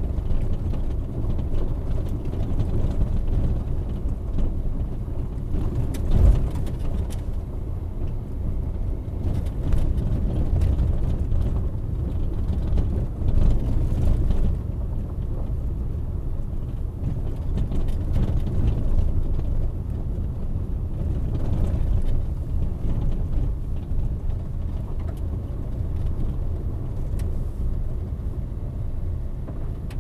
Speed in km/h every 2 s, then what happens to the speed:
17, 15, 16, 18, 22, 23, 21, 20, 19, 20, 19, 17, 19, 22, 25.
4-9 speeds up to 23. 9-23 steady at about 20. 23-30 speeds up to 25.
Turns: none.